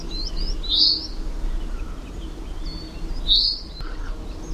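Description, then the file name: Common chaffinch giving two sharp high call notes a few seconds apart, with faint twittering and steady low background noise. "Fringilla coelebs"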